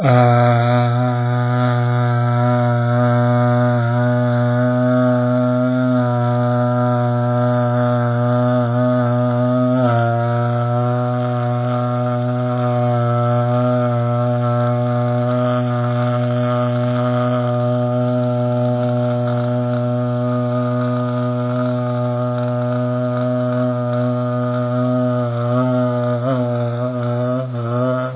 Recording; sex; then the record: sustained vowel /a/; male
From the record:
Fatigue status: no fatigue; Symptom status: symptomatic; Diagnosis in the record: COVID-19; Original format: 3gp